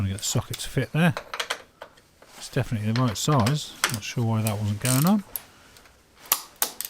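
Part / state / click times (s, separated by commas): click-type torque wrench on an engine mount bolt / torque reached / 6.6 s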